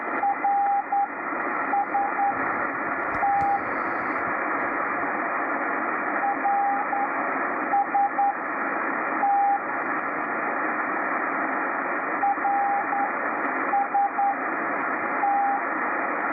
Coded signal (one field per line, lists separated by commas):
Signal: Morse code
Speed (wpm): 10 wpm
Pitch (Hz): 800 Hz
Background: radio noise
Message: RST RST RST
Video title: Mysterious signal received on Icom IC R8500 CW beacon sending R S T letters 5198 kHz CW